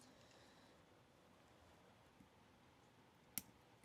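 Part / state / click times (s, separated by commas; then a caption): wrist pin circlip into piston pin bore groove / seated / 3.4 s. During a Polaris Sportsman 570 ATV top-end rebuild, with a rag placed under the piston, a spring-steel wrist-pin circlip is worked close and pushed into its groove in the aluminium piston's pin bore. After quiet handling, it snaps sharply into place at 3.4 seconds. The clip is seated and then checked all the way around.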